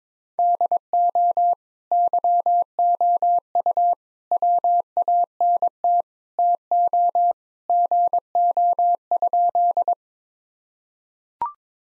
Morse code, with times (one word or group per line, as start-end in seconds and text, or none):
0.4-1.5 DO
1.9-3.9 YOU
4.3-6.0 WANT
6.4-7.3 TO
7.7-9.9 GO?